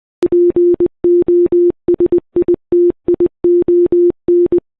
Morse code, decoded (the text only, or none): POSITION